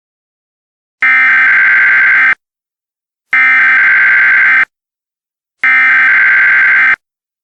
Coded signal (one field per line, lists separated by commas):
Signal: Emergency Alert System (SAME) tones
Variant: header bursts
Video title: EAS Scenario: Absolutely Radioactive Part 1